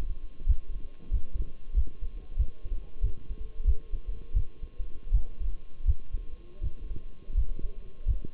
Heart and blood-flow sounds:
heart sounds by stethoscope; between the tricuspid and mitral areas; 87 bpm
0.48 s: heartbeat
1.13 s: heartbeat
1.76 s: heartbeat
2.38 s: heartbeat
3.03 s: heartbeat
3.67 s: heartbeat
4.35 s: heartbeat
5.13 s: heartbeat
5.87 s: heartbeat
6.63 s: heartbeat
7.36 s: heartbeat
8.07 s: heartbeat
From the record:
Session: Bruce protocol treadmill stress test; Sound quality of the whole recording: partially saturated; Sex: male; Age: 23 years

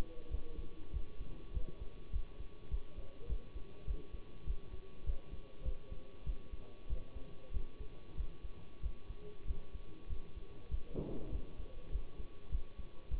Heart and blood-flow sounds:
heart sounds by stethoscope; between the tricuspid and mitral areas; 98 bpm
0.29 s: heartbeat
0.91 s: heartbeat
1.52 s: heartbeat
2.11 s: heartbeat
2.69 s: heartbeat
3.27 s: heartbeat
3.85 s: heartbeat
4.45 s: heartbeat
5.04 s: heartbeat
5.63 s: heartbeat
6.24 s: heartbeat
6.87 s: heartbeat
7.51 s: heartbeat
8.15 s: heartbeat
8.80 s: heartbeat
9.45 s: heartbeat
10.07 s: heartbeat
10.69 s: heartbeat
11.30 s: heartbeat
11.90 s: heartbeat
12.49 s: heartbeat
13.09 s: heartbeat
From the record:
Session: bicycle stress test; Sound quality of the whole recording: good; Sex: male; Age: 24 years

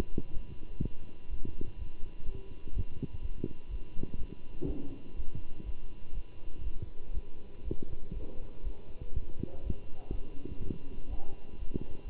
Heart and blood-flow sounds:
heart sounds by stethoscope; between the tricuspid and mitral areas; 123 bpm
0.32 s: heartbeat
0.80 s: heartbeat
1.29 s: heartbeat
1.77 s: heartbeat
2.24 s: heartbeat
2.73 s: heartbeat
3.21 s: heartbeat
3.69 s: heartbeat
4.17 s: heartbeat
4.66 s: heartbeat
5.15 s: heartbeat
5.64 s: heartbeat
6.13 s: heartbeat
6.63 s: heartbeat
7.13 s: heartbeat
7.63 s: heartbeat
8.12 s: heartbeat
8.63 s: heartbeat
9.13 s: heartbeat
9.62 s: heartbeat
10.10 s: heartbeat
10.59 s: heartbeat
11.09 s: heartbeat
11.57 s: heartbeat
12.05 s: heartbeat
From the record:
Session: Bruce protocol treadmill stress test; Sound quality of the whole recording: good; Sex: male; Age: 23 years

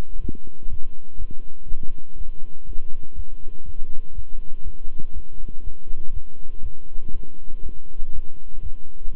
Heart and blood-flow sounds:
heart sounds by stethoscope; between the tricuspid and mitral areas; 121 bpm
0.19 s: heartbeat
0.68 s: heartbeat
1.17 s: heartbeat
1.66 s: heartbeat
2.16 s: heartbeat
2.65 s: heartbeat
3.14 s: heartbeat
3.64 s: heartbeat
4.13 s: heartbeat
4.63 s: heartbeat
5.12 s: heartbeat
5.62 s: heartbeat
6.11 s: heartbeat
6.61 s: heartbeat
7.11 s: heartbeat
7.61 s: heartbeat
8.11 s: heartbeat
8.61 s: heartbeat
9.12 s: heartbeat
From the record:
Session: walking at 3.7 km/h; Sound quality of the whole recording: good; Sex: male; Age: 26 years

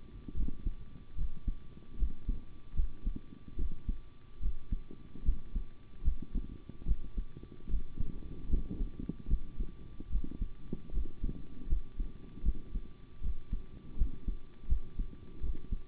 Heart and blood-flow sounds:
heart sounds by stethoscope; between the tricuspid and mitral areas; 76 bpm
0.35 s: heartbeat
1.16 s: heartbeat
1.97 s: heartbeat
2.74 s: heartbeat
3.57 s: heartbeat
4.40 s: heartbeat
5.24 s: heartbeat
6.03 s: heartbeat
6.86 s: heartbeat
7.68 s: heartbeat
8.49 s: heartbeat
9.28 s: heartbeat
10.10 s: heartbeat
10.92 s: heartbeat
11.67 s: heartbeat
12.43 s: heartbeat
13.21 s: heartbeat
13.96 s: heartbeat
14.67 s: heartbeat
15.41 s: heartbeat
From the record:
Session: rest, sitting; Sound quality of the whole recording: good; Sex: male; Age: 25 years

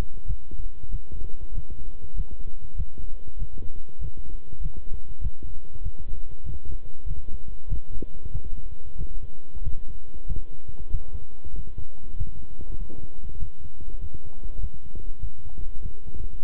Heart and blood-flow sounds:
heart sounds by stethoscope; between the tricuspid and mitral areas; 96 bpm
0.25 s: heartbeat
0.89 s: heartbeat
1.52 s: heartbeat
2.14 s: heartbeat
2.75 s: heartbeat
3.37 s: heartbeat
3.99 s: heartbeat
4.60 s: heartbeat
5.20 s: heartbeat
5.81 s: heartbeat
6.43 s: heartbeat
7.05 s: heartbeat
7.67 s: heartbeat
8.31 s: heartbeat
8.95 s: heartbeat
9.62 s: heartbeat
10.25 s: heartbeat
10.90 s: heartbeat
11.54 s: heartbeat
12.16 s: heartbeat
12.76 s: heartbeat
13.37 s: heartbeat
13.99 s: heartbeat
14.59 s: heartbeat
15.19 s: heartbeat
15.80 s: heartbeat
16.43 s: heartbeat
From the record:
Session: walking at 3.7 km/h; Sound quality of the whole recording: good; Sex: male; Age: 26 years

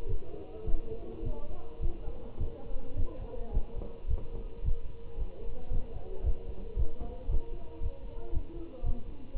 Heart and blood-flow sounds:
heart sounds by stethoscope; between the tricuspid and mitral areas; 110 bpm
0.09 s: heartbeat
0.67 s: heartbeat
1.25 s: heartbeat
1.82 s: heartbeat
2.40 s: heartbeat
2.97 s: heartbeat
3.53 s: heartbeat
4.09 s: heartbeat
4.65 s: heartbeat
5.19 s: heartbeat
5.72 s: heartbeat
6.25 s: heartbeat
6.78 s: heartbeat
7.30 s: heartbeat
7.82 s: heartbeat
8.33 s: heartbeat
8.85 s: heartbeat
9.37 s: heartbeat
From the record:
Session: Bruce protocol treadmill stress test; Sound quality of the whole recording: good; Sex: male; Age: 25 years

